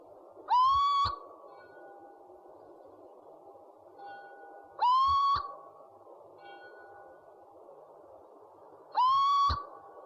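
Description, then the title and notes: Owl calls: three rising whistled notes with strong harmonics, repeated about every four seconds, with fainter softer notes between them over a steady background hum. Part of a compilation of 69 call variants from 11 owl species. "Sovy - Eulen - Owls. 69 variant hlasů - 11 druhů sov"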